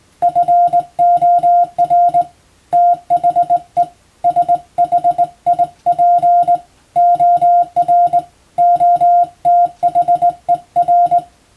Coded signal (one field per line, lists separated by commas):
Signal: Morse code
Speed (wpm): 21 wpm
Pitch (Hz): 700 Hz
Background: none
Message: FOR THE SHIP OR OTHER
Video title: 無線従事者国家試験総合無線通信士電気通信術のトレーニングにＣＷを打ってみました。アマチュア無線ハムの受信練習にもどうぞ(morse code practice for radio operator )